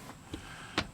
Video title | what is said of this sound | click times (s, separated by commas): Howto Replace a Jeep Grand Cherokee Battery | two on the sides just push down you hear it click and | 0.8 s